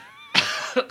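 An abrupt harsh cough burst from an adult, cutting off a brief voiced sound, then a short trailing catch.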